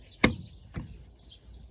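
The plastic power steering fluid reservoir of a 2012 Range Rover Sport SDV6 is slid down into its mounting slot next to the coolant reservoir, giving a sharp hit at 0.2 s as it bottoms out, then a softer knock near 0.8 s, with faint high chirps in the background. It seats by sliding until it can't slide any further rather than clicking.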